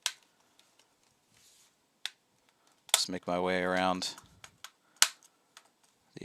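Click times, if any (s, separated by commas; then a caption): 5.0 s. Someone works around the edge of a Raspberry Pi 400 keyboard computer, pressing the plastic top shell onto the bottom shell so the case clips snap together. Sharp plastic snaps come at about 0.1, 2.1 and 2.9 seconds, someone talks briefly, and the loudest click at 5.0 seconds marks a clip seating.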